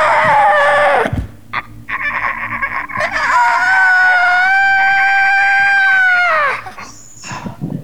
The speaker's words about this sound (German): Herzhaft drückte ich die Finger zusammen. Und dann bringt sie diesen scheiß Vogel um.